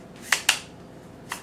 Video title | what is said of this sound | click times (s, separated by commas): Sigma 35mm ART Unboxing and Thoughts on Why I Chose This Lens | yeah that's good so just a really nice click on the lens it just feels | 0.3 s, 0.5 s